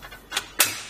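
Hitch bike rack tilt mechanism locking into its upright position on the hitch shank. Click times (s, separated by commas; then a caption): 0.4 s, 0.6 s. A RockyMounts MonoRail 2-bike hitch rack on a 2022 Nissan Frontier is held by the rack, not the bike, and tilted back up on the hitch shank. Its metal tilt latch gives a lighter click at 0.4 s and a louder, sharper click at 0.6 s as it locks into the upright position. The latch is seated and the rack is upright.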